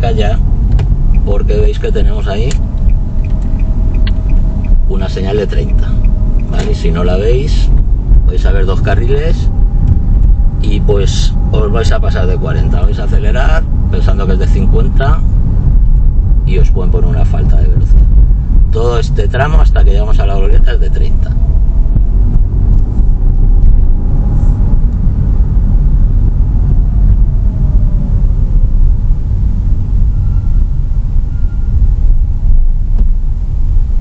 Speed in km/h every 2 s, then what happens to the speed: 24, 22, 20, 21, 26, 26, 28, 27, 25, 24, 22, 25, 28, 23, 15, 12, 10.
0-5 steady at about 22. 5-10 speeds up to 26. 10-24 steady at about 25. 24-34 slows to 10.